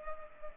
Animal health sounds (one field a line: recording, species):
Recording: mosquito wingbeat signal from an infrared sensor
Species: Culex pipiens